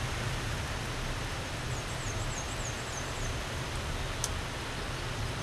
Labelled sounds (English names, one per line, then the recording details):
Black-and-white Warbler song
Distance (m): 40 m
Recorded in a Pennsylvania forest on 17 May 2023 at 14:21
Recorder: AudioMoth, point grid1_19_low
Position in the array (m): 61 m, 212 m